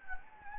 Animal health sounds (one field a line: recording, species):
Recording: mosquito wingbeat signal from an infrared sensor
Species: Anopheles gambiae